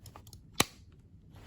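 A magnetic plastic cover is put back onto the underside of a gaming mouse. A few faint ticks and handling sounds come first, then a single sharp click at 0.6 s as the cover snaps into place and seats, followed by quiet handling.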